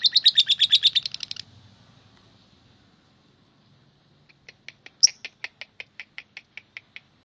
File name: lovebird star melinda